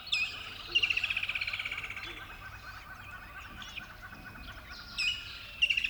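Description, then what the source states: Bird singing a fast rattling trill of repeated notes that drops in pitch and fades, then quieter chirping before bright, sharp notes return at the end. Recorded at dawn by a river bed.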